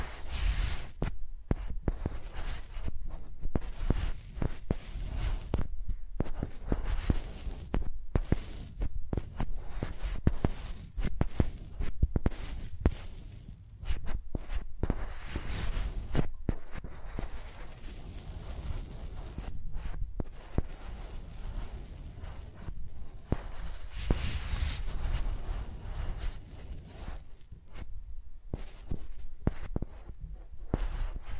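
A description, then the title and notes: Microphones used like pencils give dense, irregular scratching, tapping and rubbing, with sharp clicks and thuds throughout and a brief quieter stretch midway. ASMR Using Mics as Pencils (No Talking).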